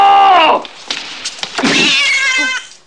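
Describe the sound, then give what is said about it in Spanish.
A cat meows twice: a short, falling cry, then after a pause with a few faint taps, a longer, drawn-out wavering meow that trails off. “Con los ojos fijos en este gato debéis deciros: este no es un gatito precioso, este es un comunista.”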